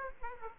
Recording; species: mosquito wingbeat signal from an infrared sensor; Aedes aegypti